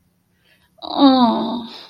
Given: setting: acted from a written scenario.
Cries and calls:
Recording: vocal sound without words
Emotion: guilt

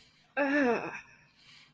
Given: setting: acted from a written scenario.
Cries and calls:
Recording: vocal sound without words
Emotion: pain

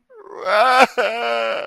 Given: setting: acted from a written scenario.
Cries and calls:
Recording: vocal sound without words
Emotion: sadness

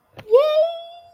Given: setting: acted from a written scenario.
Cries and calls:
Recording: vocal sound without words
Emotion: triumph

